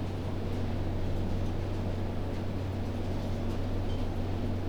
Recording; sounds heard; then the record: poultry house recording; no chicken sound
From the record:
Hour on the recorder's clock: 2